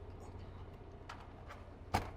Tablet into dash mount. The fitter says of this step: and then it just snaps back in.